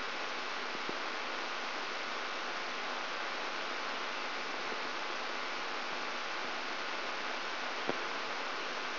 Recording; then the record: brain microelectrode recording played as sound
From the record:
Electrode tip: outside the subthalamic nucleus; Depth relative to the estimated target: 3 mm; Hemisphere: right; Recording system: AlphaMap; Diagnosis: Parkinson's disease